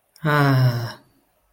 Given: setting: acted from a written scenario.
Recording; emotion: vocal sound without words; pride